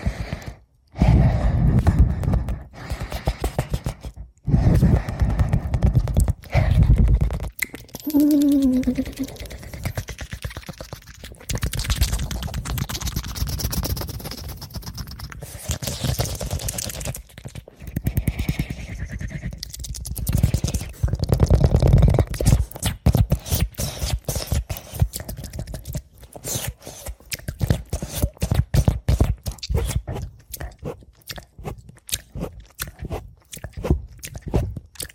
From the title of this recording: ASMR Fastest Mouth Sounds